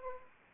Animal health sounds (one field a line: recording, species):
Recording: mosquito wingbeat signal from an infrared sensor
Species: Anopheles arabiensis